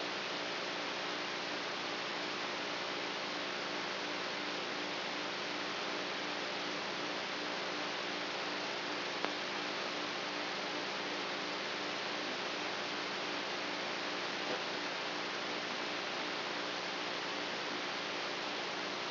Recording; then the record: brain microelectrode recording played as sound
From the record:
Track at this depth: outside the subthalamic nucleus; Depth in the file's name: 0.207 mm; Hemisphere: right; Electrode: 3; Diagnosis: Parkinson's disease